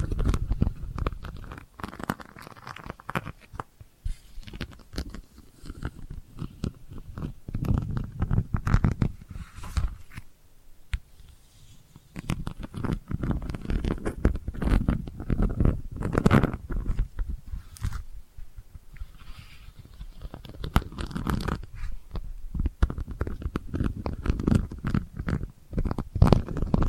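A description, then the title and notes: Delicate scratching goes on almost without pause, a dense run of small, rough strokes that sit mostly low with brighter flecks on top. The level wavers constantly, with a brief quieter stretch near ten seconds before the scratching picks back up. ASMR Delicate Scratching for Sleep (No Talking).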